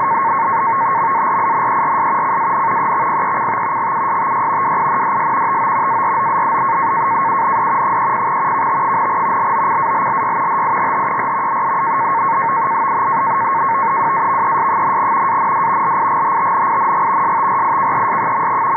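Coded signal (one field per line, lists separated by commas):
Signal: NAVTEX (SITOR-B)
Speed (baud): 100 baud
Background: radio noise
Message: MARINERS CAN EXPECT GUSTY WINDS TO AROUND 30 KT, LOCALLY HIGHER WAVES, AND LIGHTNING STRIKES.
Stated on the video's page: NAVTEX SITOR-B message from Norfolk, VA on 518 kHz, received tuned to 517 kHz upper sideband.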